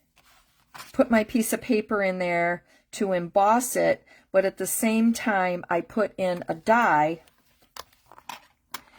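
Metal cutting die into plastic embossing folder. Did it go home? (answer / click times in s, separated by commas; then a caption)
yes / 8.8 s. A thin metal butterfly cutting die is pressed into a plastic embossing folder so it fits around the folder's raised edge. Someone talks, then a few small handling taps follow. The die clicks into place at 8.8 s.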